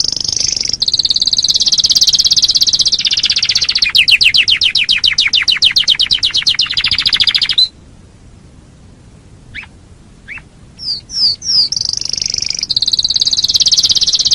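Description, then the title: Canary song: high, rapid trills, a fast pulsed phrase, then a quiet pause broken by a few sharp notes before the trilling resumes. "Kenari"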